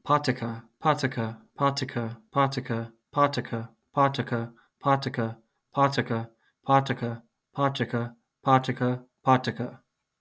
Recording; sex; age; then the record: repeated syllables /pa ta ka/; male; 20 to 29 years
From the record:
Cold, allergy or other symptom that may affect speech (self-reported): no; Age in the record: 25 years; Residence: Rhode Island, United States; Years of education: 16